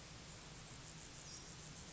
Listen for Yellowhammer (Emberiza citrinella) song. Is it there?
no